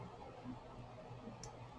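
A blue and pink dangle earring piece is twisted onto its hand-forged wire or ring over a steady low background noise. A short, bright snap at 1.4 s is the second snap, and it seats the piece, completing the earring assembly.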